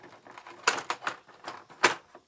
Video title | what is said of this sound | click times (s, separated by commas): Installing the Furrion Chill Cube Ducted RV Air Conditioner Thermostat on a 2005 Skyline Aljo Travel | Just clicks right into place. | 0.7 s, 1.8 s